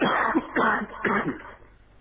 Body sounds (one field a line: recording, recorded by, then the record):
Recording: voluntary cough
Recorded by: telephone call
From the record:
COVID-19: positive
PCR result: checked with the laboratory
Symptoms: yes